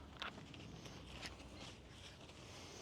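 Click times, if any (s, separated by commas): 0.2 s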